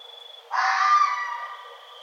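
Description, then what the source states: Red fox letting out one rough, screechy bark lasting about a second, preceded by a faint high steady tone. Recorded 1 November 2011.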